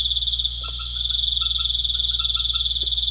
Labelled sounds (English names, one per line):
none